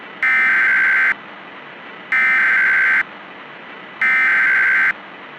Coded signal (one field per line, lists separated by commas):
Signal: Emergency Alert System (SAME) tones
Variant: header bursts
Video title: Hidden In The Frost [EAS Scenario / Analog Horror] (#12 - Fall Brawl Special)